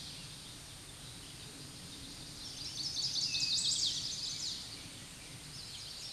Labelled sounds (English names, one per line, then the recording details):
Chestnut-sided Warbler song
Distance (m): 25 m
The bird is about 5 m above the microphone
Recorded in a Pennsylvania forest on 16 May 2024 at 07:05
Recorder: AudioMoth, point MSD-2417
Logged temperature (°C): 16.4 °C
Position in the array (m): 81 m, 61 m